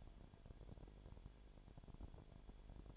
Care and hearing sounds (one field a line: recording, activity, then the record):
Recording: daily activity, microphone in the room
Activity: no activity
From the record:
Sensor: 5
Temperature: 19.9 degrees Celsius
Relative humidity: 37.1%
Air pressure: 1007.4 hPa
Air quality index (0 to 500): 84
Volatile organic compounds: 1 ppm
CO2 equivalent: 965 ppm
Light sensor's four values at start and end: 2/3/1/1 and 2/3/1/1